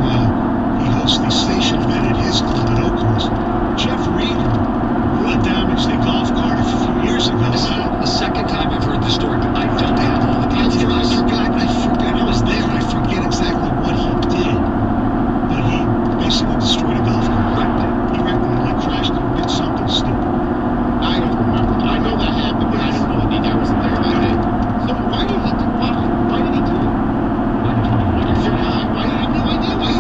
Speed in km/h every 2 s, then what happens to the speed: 116, 116, 119, 119, 119, 121, 118, 118, 119, 119, 119, 118, 116, 116, 116.
0-30 steady at about 118.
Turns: none.